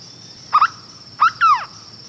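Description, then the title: Hooded berryeater song: a short doubled low whistle, then a rising note and a longer falling slurred whistle, over a steady high insect-like hum. "LuckyPassaro Completos2Sama. Hooded Berryeater (Carpornis cucullata)"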